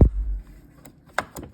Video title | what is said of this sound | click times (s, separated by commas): Pt.2 01 BMW 325i total power steering system installed. | put it on slide it till it clicks | 1.2 s